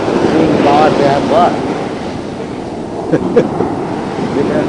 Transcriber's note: laughs